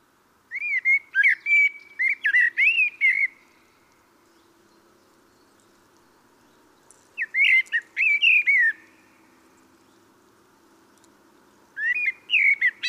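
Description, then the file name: Common blackbird delivering rich, fluting song phrases that wobble up and down, mixed with scratchy high notes, with quiet gaps of several seconds and a faint low hum behind. "Turdus merula"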